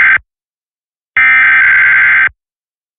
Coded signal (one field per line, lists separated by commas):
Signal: Emergency Alert System (SAME) tones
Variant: header bursts